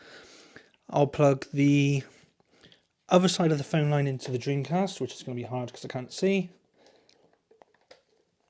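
Someone talks while handling the other end of a phone line plug toward the Dreamcast's modem port, working blind because the port can't be seen. Faint fumbling taps and small contact sounds follow the speech. Nothing has seated or clicked into the port yet.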